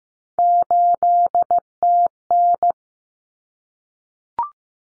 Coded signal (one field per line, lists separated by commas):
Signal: Morse code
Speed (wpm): 15 wpm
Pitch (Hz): 700 Hz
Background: none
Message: 8TN